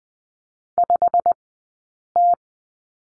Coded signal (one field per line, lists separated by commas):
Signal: Morse code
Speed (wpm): 20 wpm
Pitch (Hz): 700 Hz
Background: none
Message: 5T